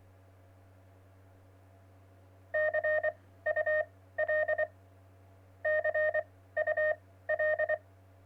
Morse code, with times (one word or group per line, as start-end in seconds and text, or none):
2.5-4.6 CUL
5.7-7.8 CUL